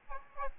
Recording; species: mosquito wingbeat signal from an infrared sensor; Aedes albopictus